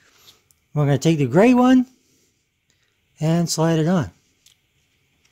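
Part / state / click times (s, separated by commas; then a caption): fan mounting clip onto CPU cooler fan / not seated / none. Someone talks while a grey fan mounting clip is slid onto the fan of a Reeven E12 RGB CPU cooler for AM4, with faint handling ticks around 0.5, 2.7, 4.5 and 5.3 seconds between the speech. Nothing has seated or clicked yet.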